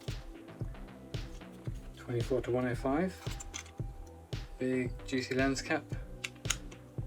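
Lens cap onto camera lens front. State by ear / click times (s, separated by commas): seated / 6.5 s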